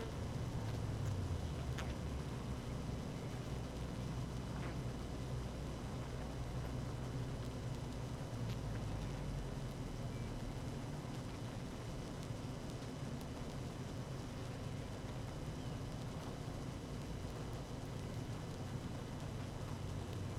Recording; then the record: honeybee colony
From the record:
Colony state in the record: active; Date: 12 June 2018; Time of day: 17:35